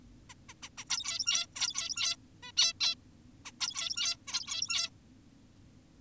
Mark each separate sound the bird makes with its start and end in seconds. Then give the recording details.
0.30-0.34, 0.49-0.54, 0.63-0.69, 0.78-0.84, 0.90-1.46, 1.56-2.16, 2.43-2.52, 2.57-2.73, 2.81-2.95, 3.46-3.52, 3.60-4.16, 4.28-4.90. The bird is an adult. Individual g17y2U